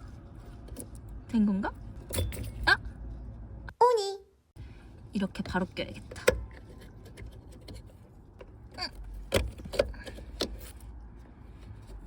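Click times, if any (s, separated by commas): none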